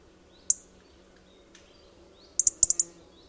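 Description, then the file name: European robin giving sharp, high ticking calls: a single tick, then a quick run of five ticks about two seconds later, over a faint low background hum. "Erithacus rubecula"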